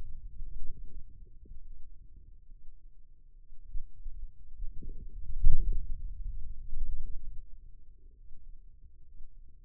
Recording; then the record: forearm muscle sounds (acoustic myography)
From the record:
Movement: hand opening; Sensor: system 2, bracelet of six BSWA MPA416 microphones around the upper forearm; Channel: 6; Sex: male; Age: 22 years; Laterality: right